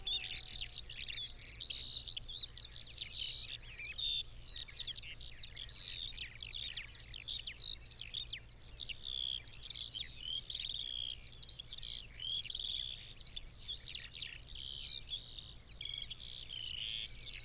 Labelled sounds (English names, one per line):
Eurasian Skylark song